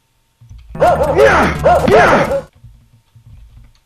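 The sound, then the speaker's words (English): A dog lets out two loud, drawn-out barks in quick succession, each with a wavering, tonal pitch that rises and falls, followed by a faint low rumble. “Do you hear those the barking dogs?”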